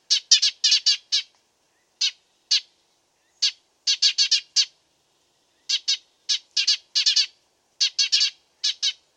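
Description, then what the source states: Dead Sea sparrow chirping in bursts of bright, harsh notes separated by short pauses; a clean recording with no other sounds. Master song for training songbirds (masteran).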